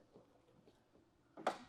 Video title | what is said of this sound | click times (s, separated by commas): 2027 Newmar Summit Aire Walkthrough - Complete Owner Orientation & Feature Guide | And once it it's all the way open, it locks | 1.5 s